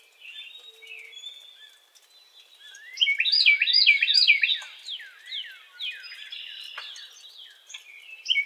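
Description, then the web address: Carolina wren song: a loud burst of rapid, rolling repeated phrases from about three to five seconds, with fainter notes before and after. Recorded 4 January 2007. "Carolina Wren 2007 01 04"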